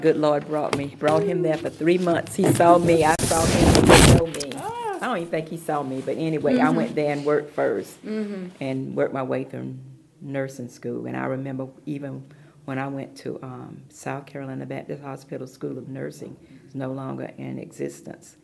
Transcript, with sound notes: The Good Lord brought me–brought him there for three months. He saw me. I saw him— (audio interference) I don’t even think he saw me, but anyway, I went there and worked first and worked my way through nursing school and I remember even when I went to South Carolina Baptist Hospital School of Nursing, no longer in existence.